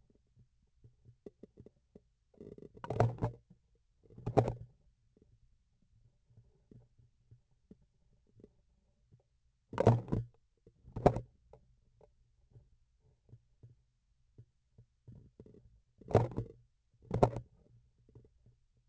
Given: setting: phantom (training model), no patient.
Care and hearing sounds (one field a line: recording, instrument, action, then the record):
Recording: laparoscopic instrument, vibration sensor on the handle end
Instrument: grasping forceps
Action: opening and closing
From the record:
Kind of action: tool actuation without material contact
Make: other than Olympus